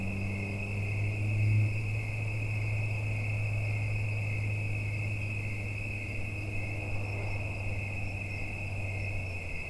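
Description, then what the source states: Insect chorus, a steady unbroken high drone with a fainter higher overtone, over a low continuous rumble. Mating calls of insects in the evening in late summer into autumn at Watts Ranch, United States; insects that won't be alive in a week or two.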